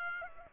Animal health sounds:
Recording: mosquito wingbeat signal from an infrared sensor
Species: Aedes aegypti

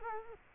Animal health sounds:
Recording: mosquito wingbeat signal from an infrared sensor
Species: Culex quinquefasciatus

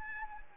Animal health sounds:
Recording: mosquito wingbeat signal from an infrared sensor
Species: Anopheles arabiensis

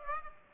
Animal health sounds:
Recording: mosquito wingbeat signal from an infrared sensor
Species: Aedes aegypti

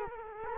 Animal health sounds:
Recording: mosquito wingbeat signal from an infrared sensor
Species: Culex quinquefasciatus

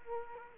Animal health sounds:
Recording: mosquito wingbeat signal from an infrared sensor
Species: Culex quinquefasciatus

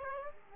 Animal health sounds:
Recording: mosquito wingbeat signal from an infrared sensor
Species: Aedes aegypti

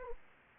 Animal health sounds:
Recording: mosquito wingbeat signal from an infrared sensor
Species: Anopheles gambiae

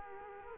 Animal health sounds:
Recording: mosquito wingbeat signal from an infrared sensor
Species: Culex quinquefasciatus

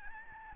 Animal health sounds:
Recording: mosquito wingbeat signal from an infrared sensor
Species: Aedes albopictus

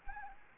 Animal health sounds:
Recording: mosquito wingbeat signal from an infrared sensor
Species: Anopheles arabiensis

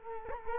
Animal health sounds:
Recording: mosquito wingbeat signal from an infrared sensor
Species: Culex quinquefasciatus

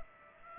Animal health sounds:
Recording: mosquito wingbeat signal from an infrared sensor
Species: Aedes aegypti

